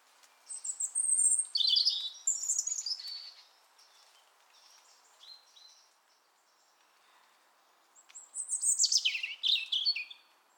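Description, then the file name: European robin song: a tumbling phrase of descending whistles and warbles, a few quiet notes, then a second cascading phrase after a pause. "Erithacus rubecula"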